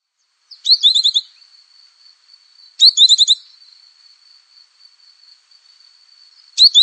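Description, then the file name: Canary song in short buzzy trilled bursts, high-pitched, each under a second, separated by a thin steady tone, with a third burst at the end. "Canary Voice"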